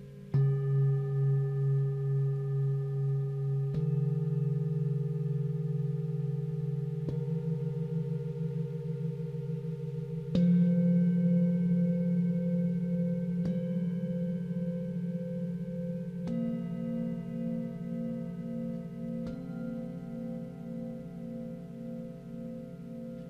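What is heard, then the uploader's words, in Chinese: Singing bowls are struck about every three seconds, each ring overlapping the last in low, steady tones that slowly pulse and fade. 頌缽音樂演奏。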